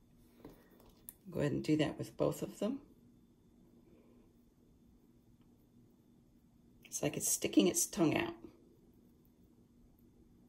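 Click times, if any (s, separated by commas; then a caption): none. A second plastic zip tie on a craft-stick automaton is handled, with its tail being fed toward its own ratchet head, while someone talks. A few faint ticks of handling are heard among the speech. The clip ends before the tie goes home, so nothing has seated or clicked yet.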